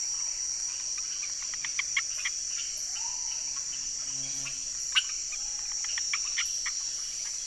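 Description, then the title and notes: Amphibian chorus of many short clicking chirps between mid and high pitch, overlapping irregularly beneath a steady, loud high insect drone. Unidentified amphibians calling from the ground as rain approaches, hundreds or thousands of them, Chemin des grands arbres, Saül, French Guiana, 16 November 2006; Nagra Ares-BB+ with cardioid MKH40 microphones. "ECLAIRS D'AMPHIBIENS. 16 novembre 2006-Chemin des grands arbres - Saül - Guyane. ces amphibiens qui chantent au sol en sentant arriver la pluie"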